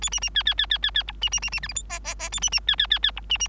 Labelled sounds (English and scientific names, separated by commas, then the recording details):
Bengalese Finch (Lonchura striata domestica) song
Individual Bird3